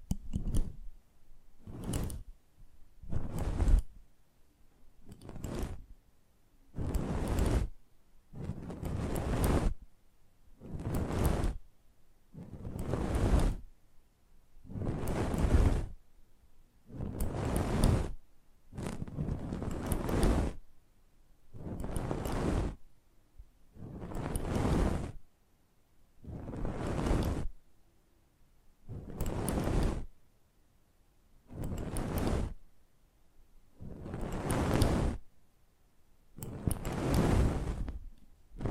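Close-up mic treatment: a steady series of rushing, whooshing bursts, one roughly every two seconds for the whole clip. Each swell rises and fades smoothly, airy and full from low rumble to bright hiss, with near-silence between them.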